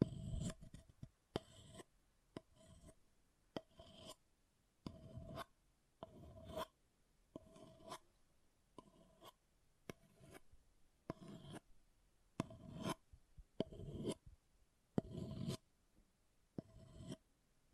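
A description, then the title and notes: Something scratches against an object in repeated short strokes, about one every second or so, with brief quiet gaps between them. Each stroke is a rough, raspy scrape with a gritty low rub and a thin, bright edge, some strokes sharper and louder than others. ASMR Brain Melting Object Scratching (No Talking).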